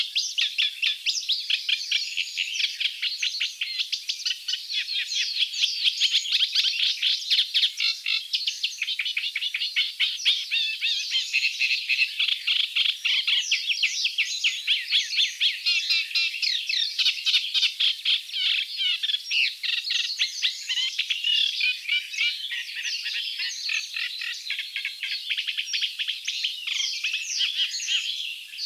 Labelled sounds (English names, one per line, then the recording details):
Eurasian Reed Warbler song
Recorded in the wild
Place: Ahlenmoor / Cuxhaven, Schleswig-Holstein, DE
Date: 1984-06-05
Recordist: Schwarz, Dieter
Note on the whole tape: Song